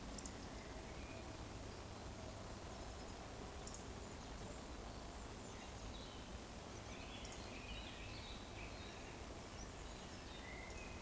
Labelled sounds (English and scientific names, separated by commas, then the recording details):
Eurasian Woodcock (Scolopax rusticola) whistle
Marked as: whistle, whistle, whistle, whistle
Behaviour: display flight
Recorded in Baden-Württemberg, Germany, on 24 June 2020 at 20:09 UTC
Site 14569, 102 m above sea level